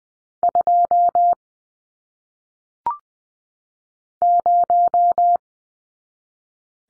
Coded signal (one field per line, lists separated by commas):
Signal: Morse code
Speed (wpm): 20 wpm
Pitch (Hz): 700 Hz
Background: none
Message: 2 0